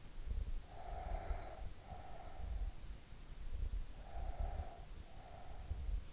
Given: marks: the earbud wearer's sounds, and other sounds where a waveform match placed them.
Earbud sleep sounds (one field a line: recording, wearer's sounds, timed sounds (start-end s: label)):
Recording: sounds in sleep by an in-ear microphone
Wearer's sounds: breath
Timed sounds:
0.67-2.83 s: breath
3.99-6.03 s: breath